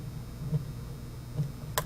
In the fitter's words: I've turned that one more little click now trying to see if it's better